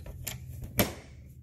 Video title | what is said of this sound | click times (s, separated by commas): HOW TO ASSEMBLE THE FROZEN 2 ULTIMATE ARENDELLE CASTLE - EASY STEP BY STEP VIDEO | we have 20 out we're just going to snap back here we're just going to snap in right back here just | 0.3 s, 0.8 s